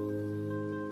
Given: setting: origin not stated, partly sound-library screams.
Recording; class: one-second piece from a danger detection set; normal situation